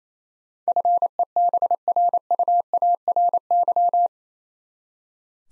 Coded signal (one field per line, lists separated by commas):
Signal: Morse code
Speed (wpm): 27 wpm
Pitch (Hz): 700 Hz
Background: none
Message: FEBRUARY